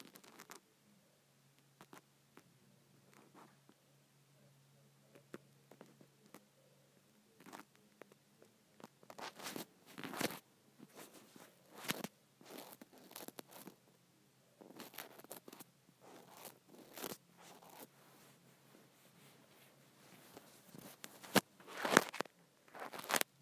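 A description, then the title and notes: A scrunchie being handled, with bursts of crisp rustling and scrunching that come in uneven clusters. Quiet at first with a faint low hum, it grows busier and louder after about nine seconds, with sharp snaps near the end. ASMR Satisfying Scrunchie Sounds.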